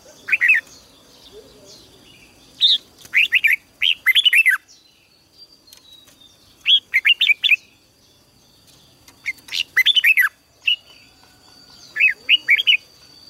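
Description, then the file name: Red-whiskered bulbul repeating short jaunty whistled phrases of a few notes every few seconds, with quiet low background noise. "Tieng chao mao hot"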